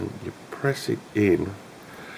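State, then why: Not seated. A locking pin is pressed in on a Wera 8006C ratchet's 8797 extension while someone talks, with only faint handling noise under the voice. Nothing has seated or clicked yet; the clip ends before the pin locks into place.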